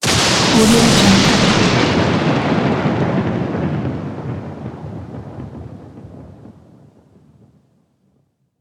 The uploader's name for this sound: Lightning Strikes Sound Effect